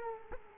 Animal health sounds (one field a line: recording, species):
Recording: mosquito wingbeat signal from an infrared sensor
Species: Culex quinquefasciatus